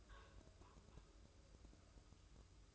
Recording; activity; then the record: daily activity, microphone in the room; take from stove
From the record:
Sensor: 2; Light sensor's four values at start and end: 22/73/29/27 and 22/73/29/27